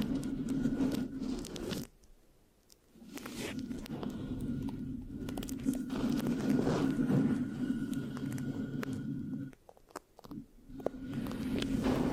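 Mic scratching fills most of the clip, a dense, rough rasping with a low rumbling body and sharp crackles on top. It drops out briefly near two seconds and again around ten seconds before resuming. Faint sticky clicks and taps come through during the pauses.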